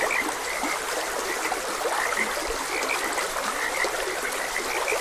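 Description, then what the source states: Frog chorus of quick, bright chirping croaks repeated constantly, with a few deeper croaks, over continuous babbling stream noise. Frogs croaking beside a gentle stream; nature ambience.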